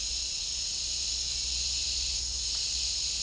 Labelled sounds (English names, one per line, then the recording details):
none
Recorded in dense forest near Puerto Asís, Putumayo, Colombia, on 21 March 2025 at 15:00
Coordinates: 0.499, -76.324
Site GP03